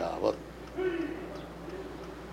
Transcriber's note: sound of men practicing karate in studio opposite has pervaded background of entire room conversation